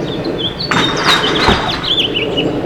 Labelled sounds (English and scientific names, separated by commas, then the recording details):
House Finch (Haemorhous mexicanus) song
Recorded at West Islip on Long Island, New York, on 18 May 2013